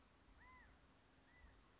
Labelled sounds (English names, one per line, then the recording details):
California Quail
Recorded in Sonoma County, California